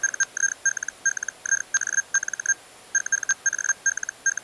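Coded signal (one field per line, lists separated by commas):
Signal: Hellschreiber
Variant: Feld Hell, 122.5 baud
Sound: rapid stuttering buzzy tone bursts in irregular clusters, with occasional clicks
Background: background hiss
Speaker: amplitude this is amplitude the volume level sends the signal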